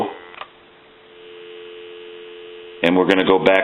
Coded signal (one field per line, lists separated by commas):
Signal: telephone call progress tone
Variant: North America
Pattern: dial tone